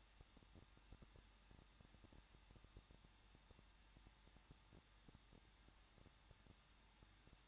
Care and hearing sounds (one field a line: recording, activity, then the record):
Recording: daily activity, microphone in the room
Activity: no activity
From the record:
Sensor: 3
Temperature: 21.2 degrees Celsius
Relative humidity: 36.3%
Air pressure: 1006.3 hPa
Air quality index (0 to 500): 222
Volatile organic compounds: 41 ppm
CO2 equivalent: 3165 ppm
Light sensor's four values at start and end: 2/3/2/2 and 2/3/2/2